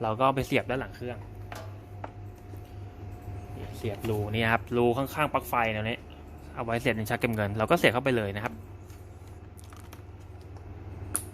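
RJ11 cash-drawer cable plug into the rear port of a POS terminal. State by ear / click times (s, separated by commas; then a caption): seated / 11.2 s. Someone talks while pushing an RJ11 cash-drawer cable's plastic modular plug into the port on the back of a Sunmi D2 mini POS terminal. After the talking stops, a few faint taps are heard near 9.6–9.9 s, and then a sharp click at 11.2 s as the plug latches into its jack and seats.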